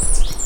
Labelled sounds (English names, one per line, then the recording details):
Stitchbird song
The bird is a male
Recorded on Tiritiri Matangi Island, New Zealand, in 2005
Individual 9, of nest box 11